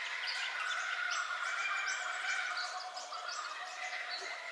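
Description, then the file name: Numerous birds singing together at dawn, a dense wash of overlapping chirps, trills and whistled notes with no pauses, under steady outdoor hiss. Dawn ambience with bird calls, stereo recording. "AMBIENCE DAWN BIRDCALLS 03 STEREO"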